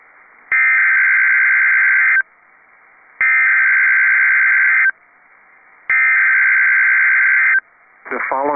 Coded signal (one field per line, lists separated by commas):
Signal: Emergency Alert System (SAME) tones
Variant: header bursts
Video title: Austin/San Antonio CAE (EAS #872)